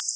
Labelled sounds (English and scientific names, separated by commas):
Black-throated Blue Warbler (Setophaga caerulescens) flight call